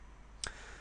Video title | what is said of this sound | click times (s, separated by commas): Vauxhall Astra G - Manual Heater Control Removal and Replacement | got a cable at the bottom which has sort of got a conventional little connector on it, and that sort of slips in and the cable locks in place, and on the top one you've just got the 90-degree angle cable which locks in there. | 0.4 s